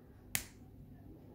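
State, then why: Seated. The steel folding clasp of a Breitling SuperOcean II 44 1000-metre diver's watch bracelet, which has no push-buttons, is pressed closed. It snaps shut with a single sharp, bright click at 0.4 s that fades quickly over a low background hum, and the clasp is latched.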